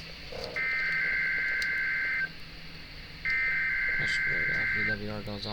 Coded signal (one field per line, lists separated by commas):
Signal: Emergency Alert System (SAME) tones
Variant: header bursts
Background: speech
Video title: Required Wednesday Test (6/18/2025) EAS #152